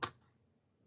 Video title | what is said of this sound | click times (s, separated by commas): HP 15-bw011dx Disassembly--Hidden Screws | the pop top pops up | 0.0 s